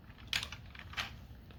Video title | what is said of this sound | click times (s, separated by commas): Edoggz Reviews: Tobot Galaxy Detectives Season 2 Ultra Commander [ | and you click place | 0.3 s